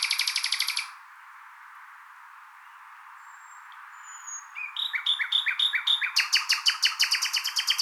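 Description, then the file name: Common nightingale song, a high rapid trill ending abruptly, a quiet pause with faint whistles, then loud repeated notes building into a fast pulsing rattle. "Luscinia megarhynchos"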